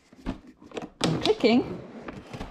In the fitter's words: this joy logo here pushing and clicking